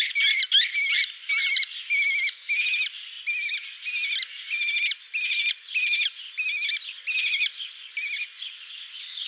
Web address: Schulze Peter Lesser Kestrel